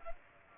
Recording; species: mosquito wingbeat signal from an infrared sensor; Culex pipiens